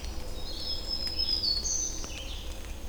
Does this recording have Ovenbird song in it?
no